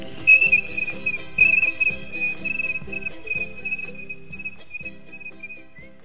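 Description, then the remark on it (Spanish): A person whistles a high, wavering birdlike trill that holds a steady pitch and gradually fades, over a soft, rhythmic low-pitched musical accompaniment. “Y mientras se alejaba, también se iba alejando el trino.”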